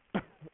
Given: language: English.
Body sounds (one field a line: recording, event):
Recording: throat vibration sensor signal played as sound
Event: cough